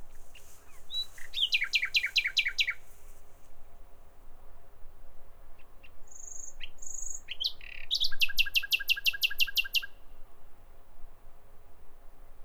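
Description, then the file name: Common nightingale song with two fast series of repeated sharp notes separated by a pair of pure high whistles. "Nachtigall"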